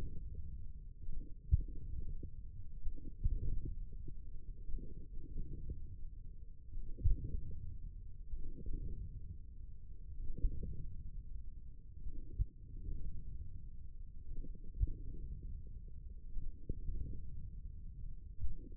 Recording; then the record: forearm muscle sounds (acoustic myography)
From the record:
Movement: wrist extension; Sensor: system 1, eight BSWA MPA416 microphones around the upper forearm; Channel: 2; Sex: male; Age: 42 years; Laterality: right